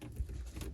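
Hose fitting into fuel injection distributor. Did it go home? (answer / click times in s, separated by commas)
yes / 0.6 s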